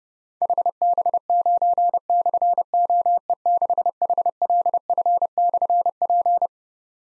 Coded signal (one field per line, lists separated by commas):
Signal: Morse code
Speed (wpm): 28 wpm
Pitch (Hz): 700 Hz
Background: none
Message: HB9/OE6HLF/P